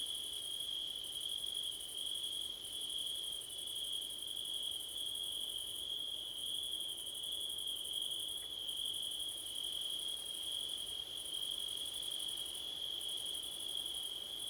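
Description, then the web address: Crickets chirping steadily, a constant high ring and an upper pulsed trill interrupted by short pauses at intervals. Crickets on a windy September night; Blumlein stereo microphone pair. "audio crickets wind september night blumlein"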